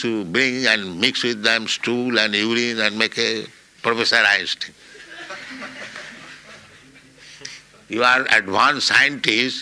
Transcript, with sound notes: You bring and mix with them stool and urine and make a Professor Einstein. [laughter] You are advanced scientist.